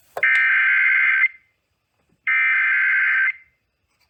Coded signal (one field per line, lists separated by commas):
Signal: Emergency Alert System (SAME) tones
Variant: header bursts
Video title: Evening Storms & Classic Midlands | EAS Alerts from July 21, 2022 (EAS#703-738)